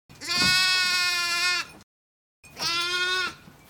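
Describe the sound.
Shetland sheep ewe bleating twice: a long, steady, strongly harmonic baa of about a second and a half, a brief pause, then a shorter baa.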